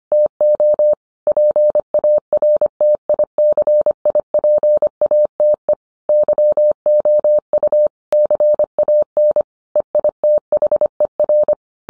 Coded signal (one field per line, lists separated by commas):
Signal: Morse code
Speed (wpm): 25 wpm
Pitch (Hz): 600 Hz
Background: none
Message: TO PARTICIPATE YOU CAN EITHER